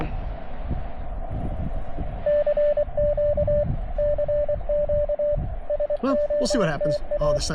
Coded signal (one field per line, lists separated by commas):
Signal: Morse code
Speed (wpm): 24 wpm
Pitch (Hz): 590 Hz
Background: speech, radio noise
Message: CQ CQ SOTA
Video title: Hunter Mountain SOTA